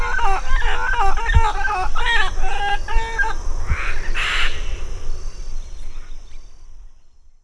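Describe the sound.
Bird calls, a quick run of clucking, harmonic notes for about three seconds, then a few noisy bursts before the sound fades out over a low rumble.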